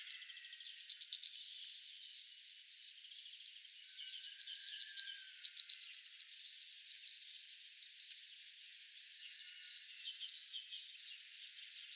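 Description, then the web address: Cyprus wheatear singing a long, scratchy, buzzy warble of high rapid notes. The song breaks off briefly, resumes, then fades into softer chatter. "Schulze Peter Cyprus Wheatear song"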